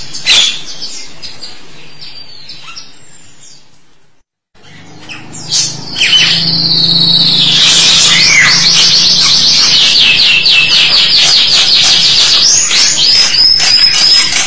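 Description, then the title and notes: Starling song: scattered soft notes, a brief silence, then a long rapid buzzy rattle of repeated notes ending in a thin high whistle. "suara burung jalak"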